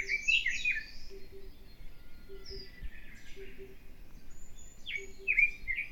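Bird song with short warbled phrases at the start and end, separated by sparse high notes, over steady low pulsing tones and background noise.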